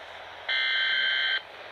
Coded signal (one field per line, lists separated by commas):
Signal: Emergency Alert System (SAME) tones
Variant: header bursts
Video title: How to self activate your NOAA Weather Radio.